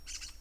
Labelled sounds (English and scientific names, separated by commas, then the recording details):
Brown-throated Parakeet (Eupsittula pertinax) contact call
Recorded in Venezuela
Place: Tumeremo, Edo. Bolivar; Cerca de la casa de Los Guaicas. Corral de los caballos. Varias matas con comejenes
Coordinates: 7.218, -61.386